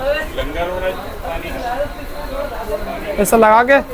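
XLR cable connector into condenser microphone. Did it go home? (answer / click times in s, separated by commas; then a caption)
no / none. Someone talks while holding an XLR cable and lining its connector up with the socket of a BM800 condenser microphone before pushing it in. The connector has not locked or clicked yet.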